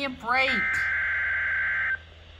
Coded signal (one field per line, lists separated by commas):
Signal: Emergency Alert System (SAME) tones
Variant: header bursts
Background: speech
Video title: Sterling SMW (EAS #484)